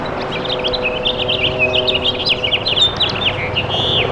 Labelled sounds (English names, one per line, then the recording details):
House Finch song
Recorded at Massapequa on Long Island, New York, on 14 May 2013
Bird C